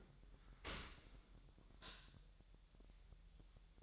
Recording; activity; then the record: daily activity, microphone in the room; open dishwasher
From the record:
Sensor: 3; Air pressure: 1000.7 hPa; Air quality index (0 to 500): 247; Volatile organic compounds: 171 ppm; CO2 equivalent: 4109 ppm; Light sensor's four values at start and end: 11/26/11/10 and 11/26/11/10